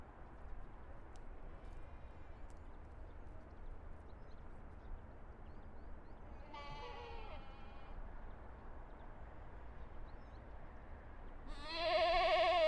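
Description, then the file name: Goats bleating: a soft wavering bleat midway, then a loud quavering bleat starting near the end, above a continuous low hum. Recorded at Terezín. "chevres terezin"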